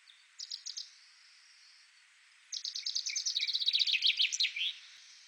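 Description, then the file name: Common chaffinch song, a short fragment of a few notes followed by a long series of sharp notes ending in a downward flourish. "Fringilla coelebs"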